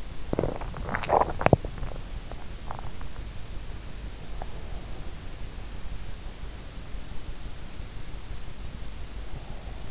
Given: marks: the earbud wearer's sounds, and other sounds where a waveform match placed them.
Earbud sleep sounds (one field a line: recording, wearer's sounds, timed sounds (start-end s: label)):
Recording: sounds in sleep by an in-ear microphone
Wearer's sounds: swallowing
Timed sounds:
0.00-2.57 s: swallowing